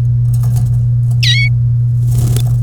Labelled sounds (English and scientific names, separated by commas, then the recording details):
Domestic Canary (Serinus canaria) song
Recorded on 1 May 2018 at 13:13
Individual llb3